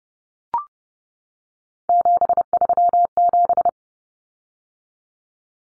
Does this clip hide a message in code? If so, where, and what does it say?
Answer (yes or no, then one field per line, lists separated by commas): yes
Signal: Morse code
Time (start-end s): 1.9-3.7 s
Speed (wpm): 30 wpm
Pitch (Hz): 700 Hz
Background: none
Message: 737